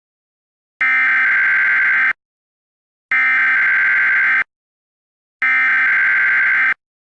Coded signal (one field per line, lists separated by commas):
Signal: Emergency Alert System (SAME) tones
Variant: header bursts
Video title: EAS Scenario #5: 2nd Civil War